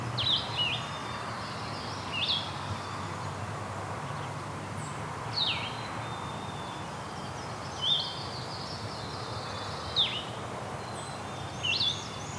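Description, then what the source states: Blue-headed vireo singing short, slurred, sweet phrases, spaced a few seconds apart over steady background hiss. Described as like the red-eyed vireo's song but blurrier, 'vireo' with a bit of sweetness to it.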